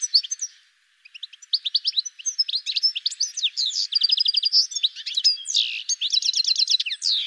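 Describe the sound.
Bird song, a rapid tumbling stream of high chirps, trills and buzzy rattles, with a short pause near the first second before it runs on steadily.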